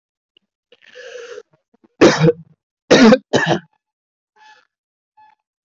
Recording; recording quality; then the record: heavy voluntary cough; moderate, slight background noise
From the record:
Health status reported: exposed to COVID-19, no respiratory illness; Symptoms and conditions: none ticked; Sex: male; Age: 19 years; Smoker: not ticked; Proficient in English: yes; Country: India